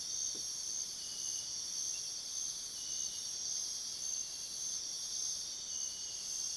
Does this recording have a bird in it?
no